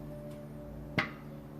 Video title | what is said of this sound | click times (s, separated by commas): Ball joint restoration, Jeep JK using Dynatrac Kit | There, heard it? | 1.0 s